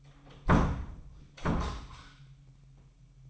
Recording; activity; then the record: daily activity, microphone in the room; close door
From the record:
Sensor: 1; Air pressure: 998.5 hPa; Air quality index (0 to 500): 129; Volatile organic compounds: 4 ppm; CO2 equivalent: 1538 ppm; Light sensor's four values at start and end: 20/65/26/27 and 20/65/26/27